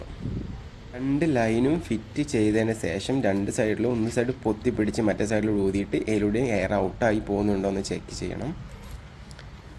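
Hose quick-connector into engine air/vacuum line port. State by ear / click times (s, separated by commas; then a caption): seated / 9.3 s, 9.4 s. A hose quick-connector, one of the hose lines used for an air-leak check, is fitted onto its air/vacuum line port on a Toyota diesel engine. Someone talks for most of the clip, and then two short, sharp clicks at 9.3 s and 9.4 s mark the connector locking in, fully seated.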